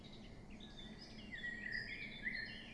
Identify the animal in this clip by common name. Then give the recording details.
Eurasian Blackcap. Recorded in Germany. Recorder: ecoPi